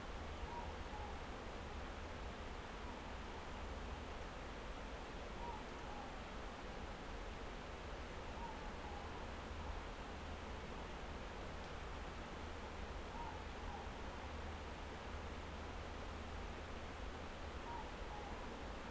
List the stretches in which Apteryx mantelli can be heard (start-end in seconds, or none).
none